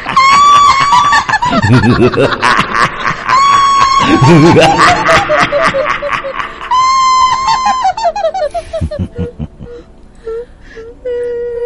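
A man screams in fright as he runs from approaching ghosts, letting out several long, loud, high-pitched cries that waver and break, each running a second or two before the yelling trails off into shorter sounds.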